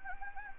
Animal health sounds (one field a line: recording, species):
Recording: mosquito wingbeat signal from an infrared sensor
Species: Anopheles gambiae